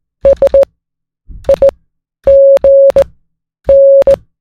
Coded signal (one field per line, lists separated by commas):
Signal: Morse code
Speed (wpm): 18 wpm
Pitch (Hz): 550 Hz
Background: music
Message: SIGN